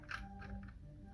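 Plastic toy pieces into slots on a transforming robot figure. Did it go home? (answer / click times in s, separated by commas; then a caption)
yes / 0.1 s. Plastic pieces of a Siege Ultra Magnus transforming robot toy are pushed hard into their slots, with a sharp plastic snap at 0.1 s and fainter ticks around 0.6–0.7 s over a steady low hum. The pieces snap and seat into place.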